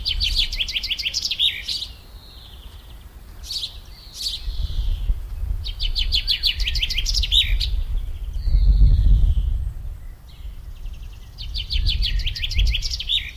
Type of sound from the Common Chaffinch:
song